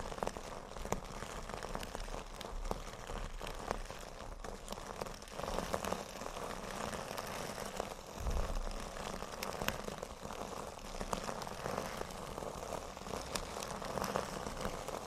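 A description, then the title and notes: Metal scrubbers are crunched, rolled and squeezed, making a dense, continuous crinkling with many tiny sharp clicks. The texture stays busy and fairly even across the whole stretch, with brief louder crunches scattered throughout, like rain pattering on a surface. TimASMR-Metal Scrubbers Crunchy Crinkles, Rolling, and Squeezing Triggers (NO TALKING).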